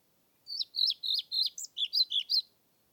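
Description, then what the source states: European Pied Flycatcher song: a clear phrase of about two seconds made of many high, swinging notes delivered rapidly and evenly, with nothing else audible. Submitted recording dated 25 May 2021 from Nordvik, made with a Zoom recorder.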